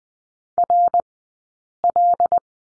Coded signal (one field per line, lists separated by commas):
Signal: Morse code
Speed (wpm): 20 wpm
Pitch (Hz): 700 Hz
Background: none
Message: RL